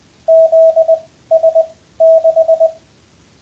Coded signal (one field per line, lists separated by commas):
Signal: Morse code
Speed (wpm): 20 wpm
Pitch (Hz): 660 Hz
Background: radio noise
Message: ZS6